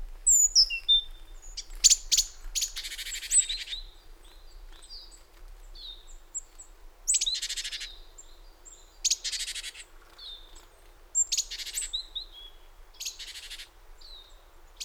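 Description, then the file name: Great tit calls: harsh, buzzy churring bursts mixed with high, thin whistled notes, delivered in irregular clusters with short pauses between. "Parus major"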